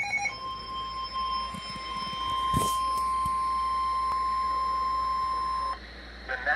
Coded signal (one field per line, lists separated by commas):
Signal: Emergency Alert System (SAME) tones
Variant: 1050 Hz attention tone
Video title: EAS#100: SVR WNG685